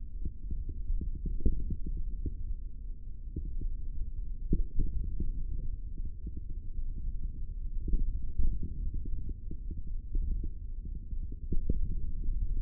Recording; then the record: forearm muscle sounds (acoustic myography)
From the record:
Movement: hand opening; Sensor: system 3, bracelet of six PUI Audio POM-2738L microphones around the upper forearm, with dedicated amplification and filtering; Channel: 5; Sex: male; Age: 23 years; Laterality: right